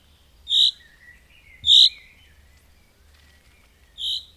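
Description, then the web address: Common chaffinch giving three sharp, high single notes at uneven gaps, with faint thin tones drifting between them and a soft low rumble beneath. "Madardalok Cd 1. Erdei pinty"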